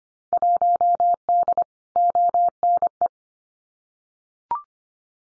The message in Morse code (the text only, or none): 1D ONE